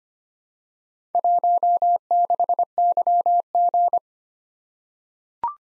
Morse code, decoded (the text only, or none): 16YG